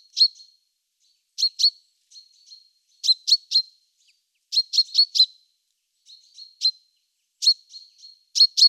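Great tit singing bright, clipped high notes in short ringing groups of two to four, each group separated by brief pauses and soft quieter notes.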